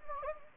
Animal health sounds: mosquito wingbeat signal from an infrared sensor; Anopheles gambiae

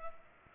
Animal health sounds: mosquito wingbeat signal from an infrared sensor; Culex pipiens

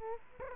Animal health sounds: mosquito wingbeat signal from an infrared sensor; Culex quinquefasciatus

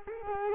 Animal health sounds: mosquito wingbeat signal from an infrared sensor; Culex quinquefasciatus

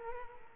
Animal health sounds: mosquito wingbeat signal from an infrared sensor; Culex quinquefasciatus

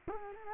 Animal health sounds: mosquito wingbeat signal from an infrared sensor; Culex quinquefasciatus

